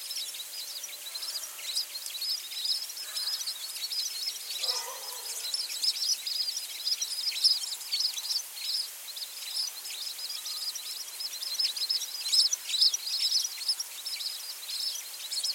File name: Spizella arborea - American Tree Sparrow